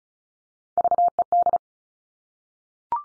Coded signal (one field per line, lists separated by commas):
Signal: Morse code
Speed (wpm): 36 wpm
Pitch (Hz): 700 Hz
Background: none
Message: VED